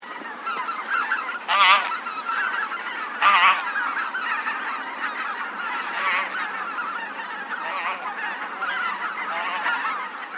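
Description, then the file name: Bean goose: a flock of bean geese giving continuous overlapping nasal honks, with a few louder honks standing out. "hisikui"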